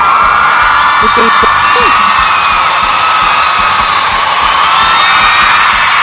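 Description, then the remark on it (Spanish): A crowd cheers loudly in a dense, steady roar of whoops and yells that fills the whole six seconds, with a few individual shouts rising briefly above it. “Es una ovación.”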